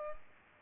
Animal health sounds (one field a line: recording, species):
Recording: mosquito wingbeat signal from an infrared sensor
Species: Culex pipiens